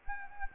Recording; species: mosquito wingbeat signal from an infrared sensor; Anopheles arabiensis